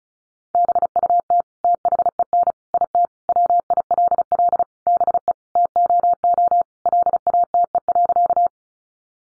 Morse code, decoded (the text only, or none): BUT THEN IT WILL BE TOO LATE.